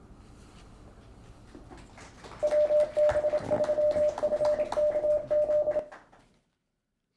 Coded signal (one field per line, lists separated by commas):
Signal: Morse code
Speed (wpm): 27 wpm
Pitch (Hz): 600 Hz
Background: none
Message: WB3FKZ